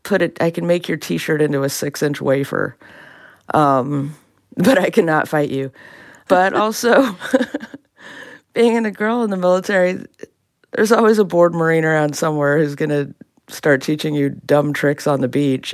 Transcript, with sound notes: I can make your T-shirt into a 6-inch wafer, but I cannot fight you. But also...
(LAUGHTER)
...Being a girl in the military, there's always a bored Marine around somewhere who's going to start teaching you dumb tricks on the beach,